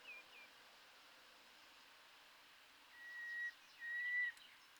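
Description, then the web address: Common nightingale whistles: two long, pure, level whistled notes held steadily, one after another over a quiet hiss. "SETE data Luscinia megarhynchos"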